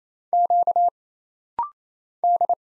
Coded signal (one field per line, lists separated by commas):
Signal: Morse code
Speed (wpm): 28 wpm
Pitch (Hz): 700 Hz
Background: none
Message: Q D